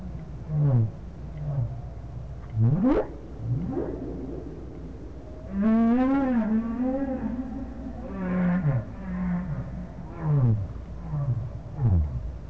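Whale calls: deep moaning groans alternating with rising whoops, then a long wavering mid-pitched moan with rich harmonics, over steady low underwater rumble.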